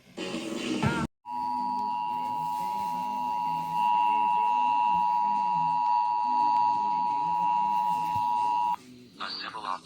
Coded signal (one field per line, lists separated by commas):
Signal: Emergency Alert System (SAME) tones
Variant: 853 and 960 Hz attention tone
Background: speech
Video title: EAS #71/84 - Minnesota Required Monthly Test - Oct 5, 2022